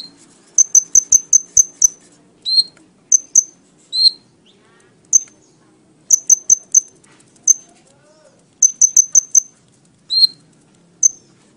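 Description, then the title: Oriental magpie-robin giving sparse high notes, clusters of quick thin chips alternating with single lower whistles, separated by short pauses. "Kicau Kacer"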